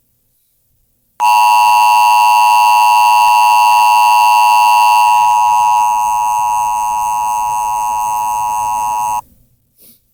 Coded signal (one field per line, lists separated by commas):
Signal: Emergency Alert System (SAME) tones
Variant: 853 and 960 Hz attention tone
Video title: EAS Do It